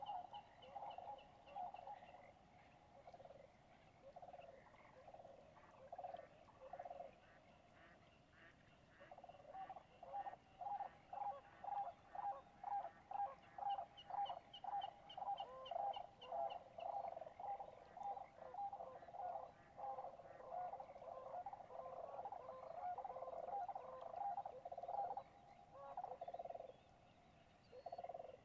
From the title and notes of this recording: Dusk falls on my second night at Conboy Lake National Wildlife Refuge in Glenwood, WA. This time of year the sound of trickling water is omnipresent as the shallow valley fills with still water. They also make the constant "peep-peep-peep-peep" call you hear throughout. Many different kinds of waterfowl, songbirds, and cranes.